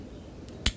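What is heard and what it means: During reassembly of a locked, jammed Chrysler or Dodge seat belt retractor under repair, a spring-loaded plastic part is held in position and pressed home into the retractor housing. After a quiet stretch with a faint tick near 0.5 s, it snaps in with one sharp click at 0.7 s, and the part and its spring are seated.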